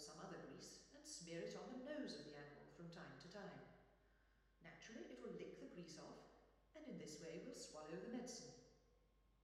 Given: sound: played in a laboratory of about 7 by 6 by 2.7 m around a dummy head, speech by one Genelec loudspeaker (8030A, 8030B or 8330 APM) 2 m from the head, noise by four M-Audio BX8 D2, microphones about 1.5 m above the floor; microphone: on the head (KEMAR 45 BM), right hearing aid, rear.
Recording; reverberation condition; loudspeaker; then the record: female speech in English; high; 60 degrees to the right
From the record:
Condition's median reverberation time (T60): about 1300 ms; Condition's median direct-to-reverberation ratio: about -4.0 dB